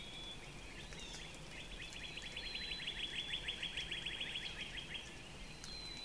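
Northern Cardinal song, one steady trill of quick repeated notes over a constant hiss of background noise.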